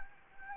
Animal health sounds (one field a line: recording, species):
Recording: mosquito wingbeat signal from an infrared sensor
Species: Anopheles gambiae